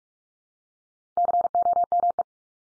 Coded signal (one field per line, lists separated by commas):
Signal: Morse code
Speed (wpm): 44 wpm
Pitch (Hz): 700 Hz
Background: none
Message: COME